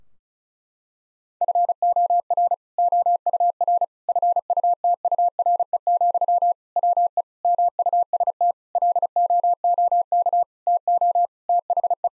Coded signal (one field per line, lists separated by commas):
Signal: Morse code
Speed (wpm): 36 wpm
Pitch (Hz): 700 Hz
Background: none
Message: FOR OUR FUTURE, WE MUST LOOK TO THE